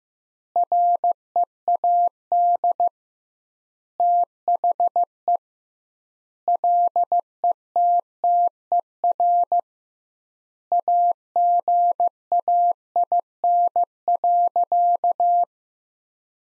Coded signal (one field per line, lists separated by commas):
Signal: Morse code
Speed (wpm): 15 wpm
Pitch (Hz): 700 Hz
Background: none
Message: READ THE LETTER AGAIN.